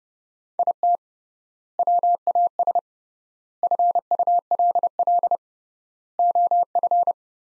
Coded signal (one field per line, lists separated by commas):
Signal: Morse code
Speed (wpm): 30 wpm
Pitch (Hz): 700 Hz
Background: none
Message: IT WAS FULL OF